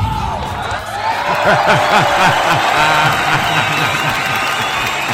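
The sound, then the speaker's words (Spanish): A burst of canned applause and cheering from a crowd, steady and loud throughout, with scattered whoops and shouts rising over dense clapping. “¿Dónde está ya ese aplauso espontáneo de las multitudes congregadas alrededor de Pequeño Tarrasco? En lata.”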